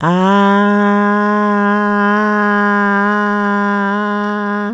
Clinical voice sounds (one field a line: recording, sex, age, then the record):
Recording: sustained vowel /a/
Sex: female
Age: 60 to 69 years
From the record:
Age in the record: 60 years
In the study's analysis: included